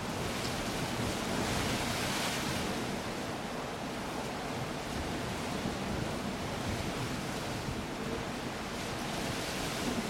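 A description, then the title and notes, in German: A storm on the coast roars without pause, a dense, steady wash of surf and wind filling every register from deep rumble to hiss. Low gusts buffet the microphone throughout, and brighter surges of spray swell briefly near the start and again toward the end. Ein Sturm an der Küste. An die raue Küste der Südwestküste Englands.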